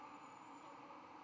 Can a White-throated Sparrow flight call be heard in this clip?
no